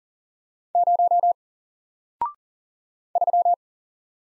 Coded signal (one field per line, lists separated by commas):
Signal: Morse code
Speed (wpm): 39 wpm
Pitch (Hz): 700 Hz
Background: none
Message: 0 3